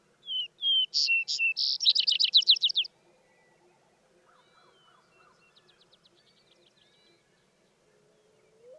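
Vesper sparrow song: paired whistles opening into a rapid trill, then a fainter trill and a soft low hum in the quiet background.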